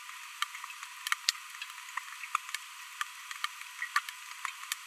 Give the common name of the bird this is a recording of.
Green-rumped Parrotlet